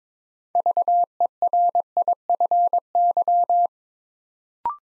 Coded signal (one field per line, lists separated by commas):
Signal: Morse code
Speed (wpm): 23 wpm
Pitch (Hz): 700 Hz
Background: none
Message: VERIFY